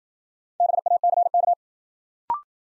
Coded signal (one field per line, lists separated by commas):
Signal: Morse code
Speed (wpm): 53 wpm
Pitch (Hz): 700 Hz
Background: none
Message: BACK